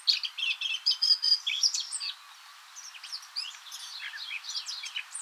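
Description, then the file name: Eurasian blackcap singing: a rapid burst of bright chirping and warbled notes for two seconds, then a quieter, scratchier jumble of high notes. "Sylvia atricapilla"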